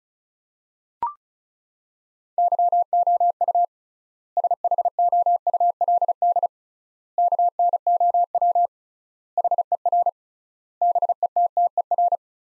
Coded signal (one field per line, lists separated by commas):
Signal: Morse code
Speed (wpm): 35 wpm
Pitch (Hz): 700 Hz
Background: none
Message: YOU SHOULD KNOW HER BETTER